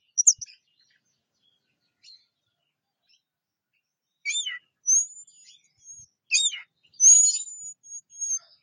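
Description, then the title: Orange-headed thrush song, quiet at first, then bursts of sharp descending chirps and long thin high whistles with short gaps between phrases. "Anis Merah"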